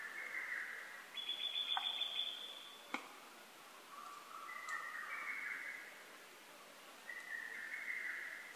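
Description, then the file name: Lesser cuckoo: quieter hurried phrases repeated at intervals, with a thin high whistle early on and a sharp click. Recorded 12 June 2010; Japanese name hototogisu. "hototogisu 20100612"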